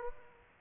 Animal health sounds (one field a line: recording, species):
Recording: mosquito wingbeat signal from an infrared sensor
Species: Aedes aegypti